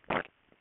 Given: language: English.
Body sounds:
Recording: throat vibration sensor signal played as sound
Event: swallow

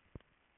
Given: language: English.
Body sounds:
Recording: throat vibration sensor signal played as sound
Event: swallow

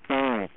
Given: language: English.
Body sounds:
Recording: throat vibration sensor signal played as sound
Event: speech

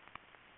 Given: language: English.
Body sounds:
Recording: throat vibration sensor signal played as sound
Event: swallow

